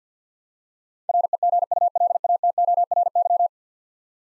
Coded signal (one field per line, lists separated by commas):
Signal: Morse code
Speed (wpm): 50 wpm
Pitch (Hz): 700 Hz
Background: none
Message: REGULATORY